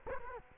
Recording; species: mosquito wingbeat signal from an infrared sensor; Culex quinquefasciatus